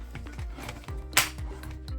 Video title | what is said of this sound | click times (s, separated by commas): Oculus (Meta) Quest 2 Set Up Tutorial | and just clicks right in just like that | 1.2 s